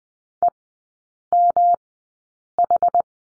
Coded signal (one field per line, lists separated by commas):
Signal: Morse code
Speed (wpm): 20 wpm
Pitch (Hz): 700 Hz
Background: none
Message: EMH